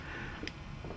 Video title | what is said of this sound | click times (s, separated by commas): Brother PE770 things to know. | away from you and you hear a click and it should be tight | 0.5 s